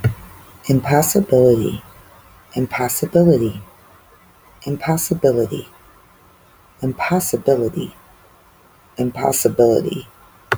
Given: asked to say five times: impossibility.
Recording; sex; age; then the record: repeated word; female; 30 to 39 years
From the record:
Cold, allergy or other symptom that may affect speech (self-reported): no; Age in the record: 37 years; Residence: Indiana, United States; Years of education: 12